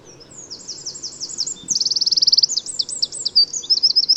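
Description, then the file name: Eurasian wren song fragment: fast high twittering, then a tight rattling trill, followed by rapid jumpy notes, all within about four seconds. "Troglodytes troglodytes"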